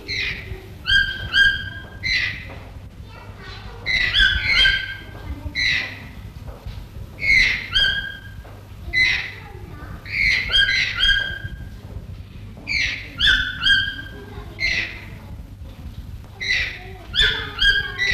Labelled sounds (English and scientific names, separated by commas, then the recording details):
Green-billed Toucan (Ramphastos dicolorus) call
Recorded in captivity
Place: Zoo Berlin, Berlin, DE
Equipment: Halbspur, 9,5 cm/s
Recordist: Lütgens, Hans